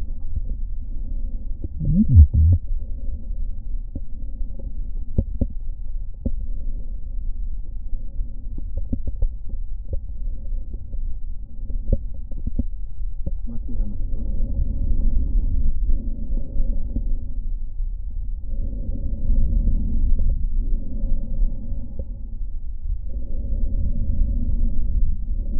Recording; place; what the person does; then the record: lung sounds by stethoscope; right posterior apical chest; quiet breathing, then deep breathing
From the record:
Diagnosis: none (healthy); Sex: male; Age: 60 years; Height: 190 cm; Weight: 150 kg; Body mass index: 41.6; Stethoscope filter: diaphragm mode